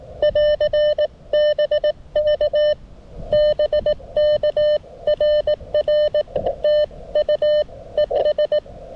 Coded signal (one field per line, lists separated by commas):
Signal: Morse code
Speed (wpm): 18 wpm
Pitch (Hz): 600 Hz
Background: none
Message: <AR>BV BKRR TU ES